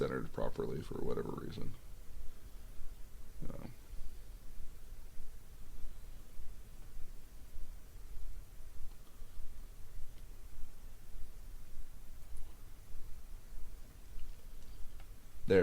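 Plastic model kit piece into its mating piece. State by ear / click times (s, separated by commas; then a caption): not seated / none. Someone talks briefly at the start while a plastic model-kit piece is handled against its mating piece, followed by quiet handling noise and low background hum. Nothing has seated or clicked yet; the clip ends just before the part goes home.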